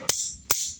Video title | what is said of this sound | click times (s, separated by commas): TOOLS OF THE TRADE: The RIDGID T-Handle 60lb. Torque Wrench! #plumbing #plumber #drainagepipe | hear that once it once you hear it click | 0.5 s